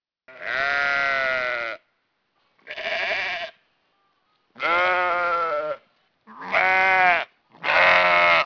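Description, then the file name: Sheep bleating five times, each long wavering harmonic bleat separated by brief silences. Ram (male sheep). "Baran"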